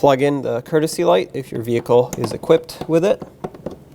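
Someone talks while a wiring connector is handled at the courtesy light on the door panel of a 2008-2020 Dodge Grand Caravan, with small handling sounds near the end at about 3.5 and 3.7 seconds. Nothing has seated or clicked yet.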